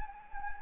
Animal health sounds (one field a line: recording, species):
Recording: mosquito wingbeat signal from an infrared sensor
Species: Anopheles gambiae